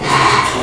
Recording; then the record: squeal of a Yucatan mini pig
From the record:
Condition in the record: before surgery on the right vocal fold (resection and tissue-engineered implant); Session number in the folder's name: 2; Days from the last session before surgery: 0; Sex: male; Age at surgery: 12 weeks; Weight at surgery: 13 kg